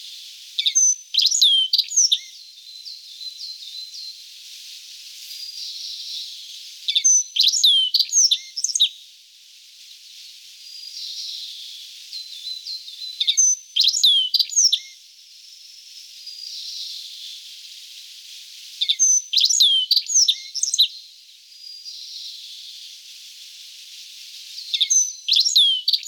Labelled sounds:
Black-faced Bunting song

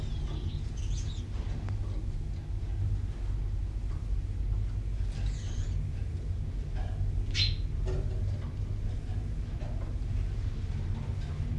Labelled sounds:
Common Chaffinch

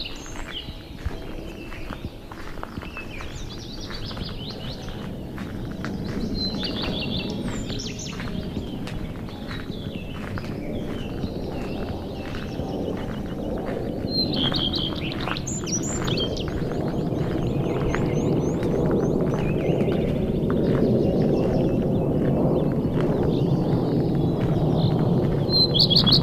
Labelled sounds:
Common Redstart song

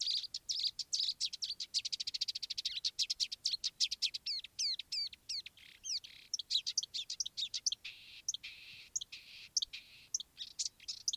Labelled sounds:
Marsh Warbler

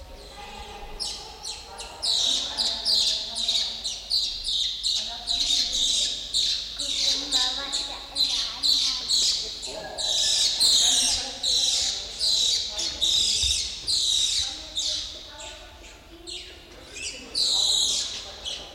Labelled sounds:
Banded Mongoose

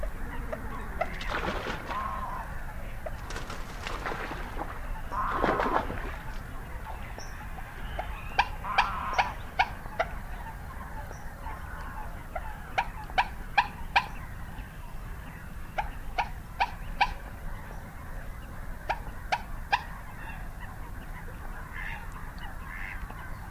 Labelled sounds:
Common Moorhen call

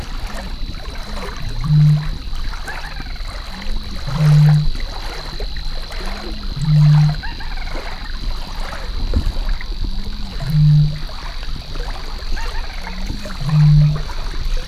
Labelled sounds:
Little Crake call

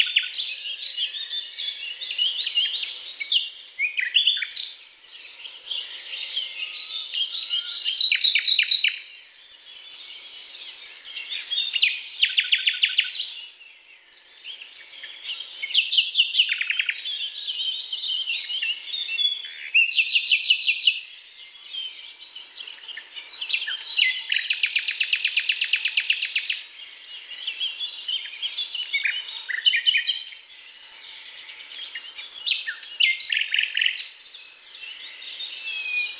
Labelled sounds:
Common Nightingale song

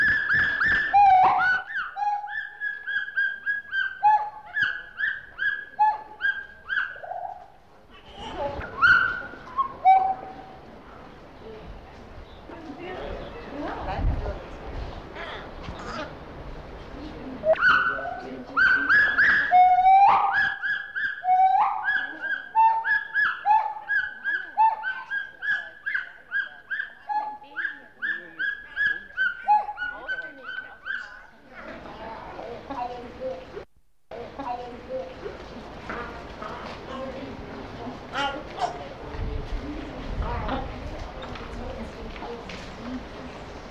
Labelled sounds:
Pileated Gibbon

